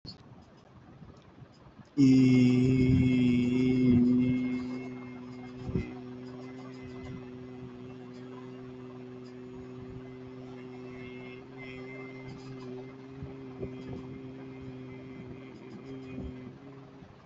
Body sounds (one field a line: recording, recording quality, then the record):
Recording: sustained vowel as in beet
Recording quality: moderate, slight background noise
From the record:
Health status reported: healthy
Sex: male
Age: 25 years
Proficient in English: yes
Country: India